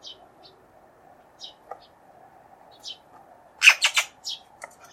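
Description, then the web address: Bird calls, short high chips scattered throughout, then a brief cluster of harsh loud notes, over a faint low hum. "Bird Only"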